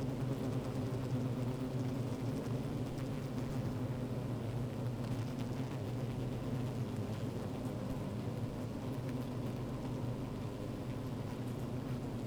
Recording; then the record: honeybee colony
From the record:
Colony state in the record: active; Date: 28 July 2017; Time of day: 15:25